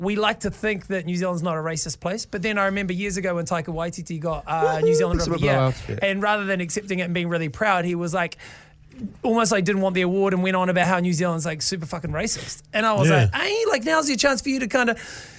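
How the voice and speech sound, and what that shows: A man speaks fluently at a quick conversational pace with a clear, ordinary voice and no speech disorder.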